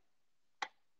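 A raised step on a paper-craft hand punch is laid into the round opening of its matching holder part and snaps in, giving a single sharp click at 0.6 s over an otherwise quiet background. The hand punch is confirmed seated in its base.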